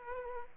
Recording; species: mosquito wingbeat signal from an infrared sensor; Aedes aegypti